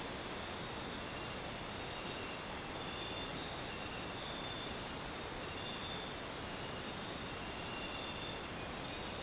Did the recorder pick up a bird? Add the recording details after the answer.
no. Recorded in dense forest near Puerto Asís, Putumayo, Colombia, on 29 June 2025 at 03:00. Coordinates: 0.484, -76.317. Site G045